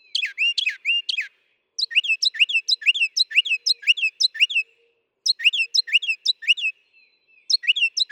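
Northern mockingbird singing varied phrases of rapid chirps and slurred notes, each phrase repeated in bursts with short pauses between.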